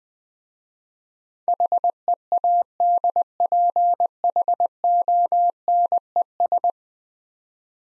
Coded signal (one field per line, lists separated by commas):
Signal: Morse code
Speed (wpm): 20 wpm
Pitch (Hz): 700 Hz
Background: none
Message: HEADPHONES